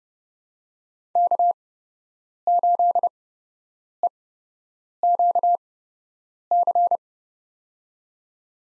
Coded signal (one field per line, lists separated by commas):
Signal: Morse code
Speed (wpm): 30 wpm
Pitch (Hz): 700 Hz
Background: none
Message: K8EQC